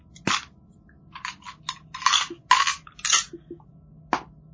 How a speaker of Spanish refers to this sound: Entonces es un D6 dividido para 2. ¿Dónde están los dados? Aquí están los dados.